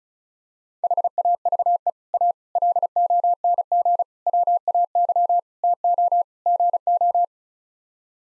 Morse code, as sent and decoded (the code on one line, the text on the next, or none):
.... .- ...- . / .- / .-.. --- -. --. / .-- .- -.-- / - --- / --. ---
HAVE A LONG WAY TO GO